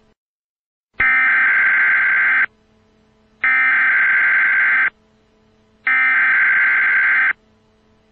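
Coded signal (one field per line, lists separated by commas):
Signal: Emergency Alert System (SAME) tones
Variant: header bursts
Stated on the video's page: Simulated EAS alert for a contagious disease scenario, possibly a Civil Danger Warning.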